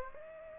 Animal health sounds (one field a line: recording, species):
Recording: mosquito wingbeat signal from an infrared sensor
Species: Aedes aegypti